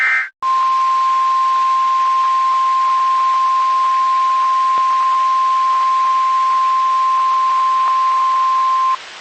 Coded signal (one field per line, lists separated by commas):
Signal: Emergency Alert System (SAME) tones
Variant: 1050 Hz attention tone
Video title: CRAZY DAY! EAS Alert Compilation from 9/6/25